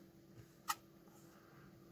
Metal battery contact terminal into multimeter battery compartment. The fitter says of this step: right clicking - police makes satisfying click